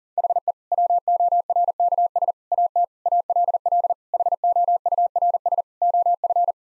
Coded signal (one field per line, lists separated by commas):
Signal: Morse code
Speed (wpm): 40 wpm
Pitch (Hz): 700 Hz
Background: none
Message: HE WORKS AT ALL HOURS OF